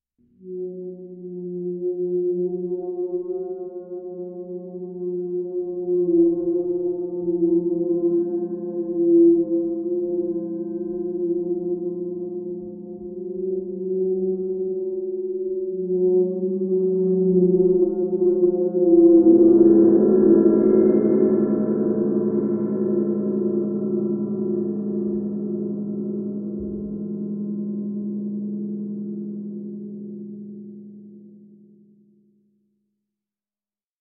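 Sustained gong and bowl tones hum low and steady, swelling into a fuller, brighter wash near twenty seconds before fading out smoothly.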